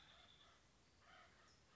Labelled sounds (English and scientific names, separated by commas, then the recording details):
Acorn Woodpecker (Melanerpes formicivorus)
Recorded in Sonoma County, California